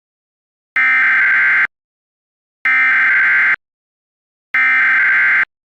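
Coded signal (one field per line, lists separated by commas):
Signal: Emergency Alert System (SAME) tones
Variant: header bursts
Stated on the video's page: Fictional EAS scenario with mock alerts, not a real broadcast.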